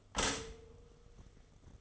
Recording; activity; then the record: daily activity, microphone in the room; stop toaster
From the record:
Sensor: 4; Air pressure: 1015.5 hPa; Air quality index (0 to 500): 205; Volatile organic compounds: 11 ppm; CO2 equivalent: 2289 ppm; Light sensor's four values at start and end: 4/8/3/3 and 4/8/3/2